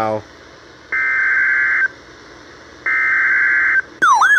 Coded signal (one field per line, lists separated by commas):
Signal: Emergency Alert System (SAME) tones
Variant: header bursts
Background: speech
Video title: EAS 665 - Flash Flood Warning